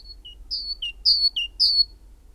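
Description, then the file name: Great tit song of ringing two-note phrases, each high whistle dropping to a shorter lower note, repeated several times. "Parus major"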